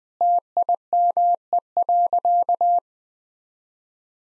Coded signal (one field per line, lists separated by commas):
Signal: Morse code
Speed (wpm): 21 wpm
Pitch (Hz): 700 Hz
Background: none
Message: TIME.